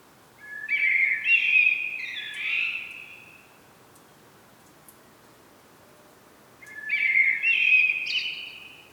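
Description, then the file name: Common blackbird delivering two phrases, the first longer with several whistled segments and a scratchy tail, the second coming after a pause. "Turdus merula"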